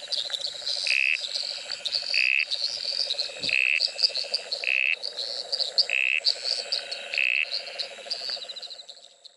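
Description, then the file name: Dusky gungan calls: short, harsh, buzzy notes repeated roughly every 1.2 seconds, over a constant background of insect chirring and high trilling. "uperoleia fusca"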